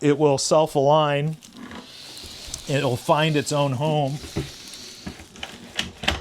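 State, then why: Seated. A movable ottoman is set down on the cockpit sole of a Back Cove 412 boat, where it self-aligns and magnetic metal pins lift up into receivers on its underside. Someone talks at first, then quieter shuffling and soft knocks follow. Sharp clicks at 5.8 s and 6.1 s mark the ottoman locking onto the floor pins, seated in place.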